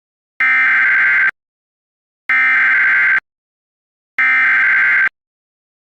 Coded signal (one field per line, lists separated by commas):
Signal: Emergency Alert System (SAME) tones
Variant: header bursts